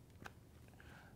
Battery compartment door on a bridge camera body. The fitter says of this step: and you just slide it across till you hear the click.